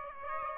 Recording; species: mosquito wingbeat signal from an infrared sensor; Aedes aegypti